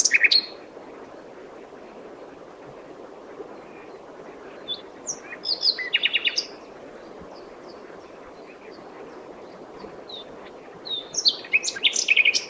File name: Luscinia megarhynchos